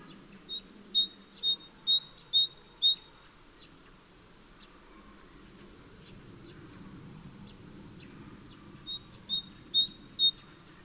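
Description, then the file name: Great tit singing bright two-note phrases in a rapid series, then a pause before another similar burst at the end. "Parus major"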